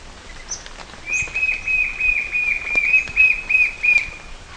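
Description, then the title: White-shouldered fire-eye song: a steady run of clear, evenly pitched notes, with faint other bird sounds behind. "LuckyPassaro Completos2Sama. White-shouldered Fire-eye (Pyriglena leucoptera)"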